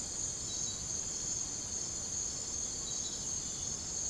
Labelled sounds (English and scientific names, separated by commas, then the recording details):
none
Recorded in secondary vegetation near Puerto Asís, Putumayo, Colombia, on 26 December 2024 at 04:30
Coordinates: 0.489, -76.322
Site G059